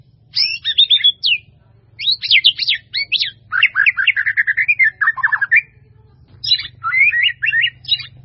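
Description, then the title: White-rumped Shama song, long varied run of quick whistles, chirps and descending slurred notes in several bursts, over a steady low hum. "murai batu"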